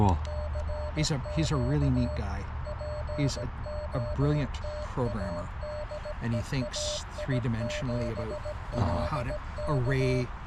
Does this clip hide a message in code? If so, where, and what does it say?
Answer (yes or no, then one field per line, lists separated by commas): yes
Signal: Morse code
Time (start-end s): 0.3-10.2 s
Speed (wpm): 17 wpm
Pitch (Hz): 600 Hz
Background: speech, music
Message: CQ POTA DE AI7LK